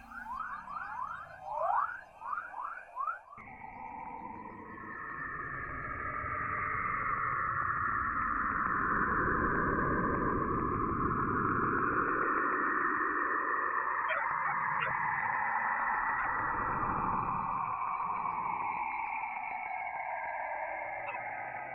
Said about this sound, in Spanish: A continuación, una muestra de cómo suenan varios cuerpos celestes.